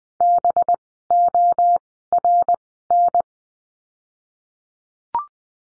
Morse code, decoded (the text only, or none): BORN